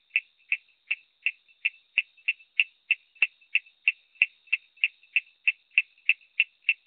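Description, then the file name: Coorg yellow bush frog repeating brief, bright clicking chirps roughly three per second, with faint softer notes between some calls. "Raorchestes luteolus call"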